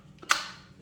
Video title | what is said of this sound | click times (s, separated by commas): SHARK WANDVAC UNBOXING DEMONSTRATION AND FULL REVIEW | and that just snaps into place | 0.3 s